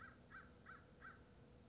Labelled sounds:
American Crow
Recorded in Sonoma County, California

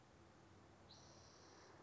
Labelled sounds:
Spotted Towhee
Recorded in Sonoma County, California

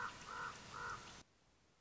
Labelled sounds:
Common Raven
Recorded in Sonoma County, California

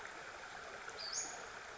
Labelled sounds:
Western Flycatcher
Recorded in Sonoma County, California

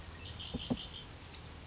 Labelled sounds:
Red-winged Blackbird
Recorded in Sonoma County, California

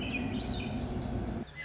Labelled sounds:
Swainson's Thrush
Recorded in Sonoma County, California

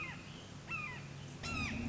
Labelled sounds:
Red-shouldered Hawk
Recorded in Sonoma County, California

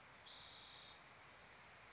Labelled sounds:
Spotted Towhee
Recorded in Sonoma County, California

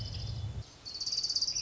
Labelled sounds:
Orange-crowned Warbler
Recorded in Sonoma County, California

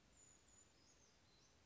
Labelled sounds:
Brown Creeper
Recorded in Sonoma County, California

